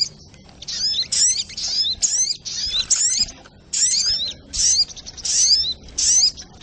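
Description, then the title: Little spiderhunter song: shrill, rapid twittering phrases of swept notes, spaced unevenly with brief pauses, over faint background hiss. Masteran training recording, labelled Labaik. "Masteran Burung Sogok Ontong Labaik"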